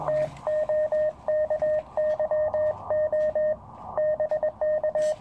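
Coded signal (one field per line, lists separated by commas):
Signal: Morse code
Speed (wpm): 21 wpm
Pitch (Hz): 610 Hz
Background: radio noise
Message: TOKYO BK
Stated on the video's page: 40 m field operation using a homemade ultralight end-fed Zepp antenna on a mountain, for QRP use.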